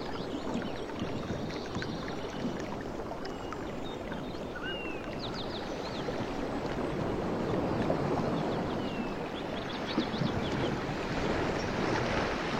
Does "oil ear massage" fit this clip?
no